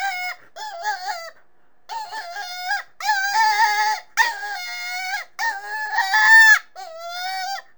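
Rabbit screaming in repeated harsh, tremulous wails, some rough and strained, broken by short silences.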